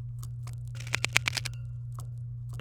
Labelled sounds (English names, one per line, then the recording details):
Domestic Canary song
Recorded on 23 April 2018 at 18:08
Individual llb3